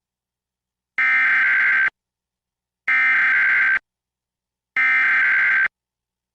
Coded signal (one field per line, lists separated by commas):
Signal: Emergency Alert System (SAME) tones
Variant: header bursts